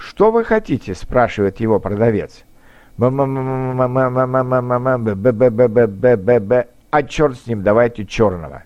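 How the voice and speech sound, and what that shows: A man speaks fluent Russian, then gets stuck in long runs of repeated syllables and a drawn-out "m", "ma-ma-mmm-ma" and "be-be-be-be", for about four seconds before going on. This is an acted imitation of a stutterer in a bread shop, with part-syllable and syllable repetitions and a prolongation, told as a humorous anecdote.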